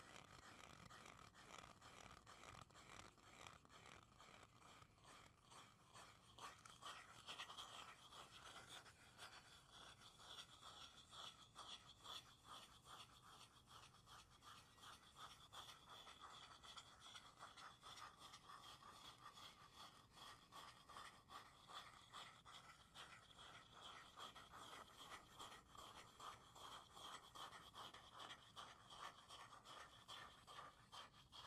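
Steady, dense scratching and tapping on wood, cork and cardboard runs throughout, a fast rhythmic scraping with bright crackly detail and no talking.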